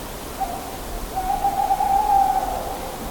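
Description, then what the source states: Owl giving a steady, level hoot held for over a second, fairly high and slightly wavering, over background noise. Recorded at 19:27.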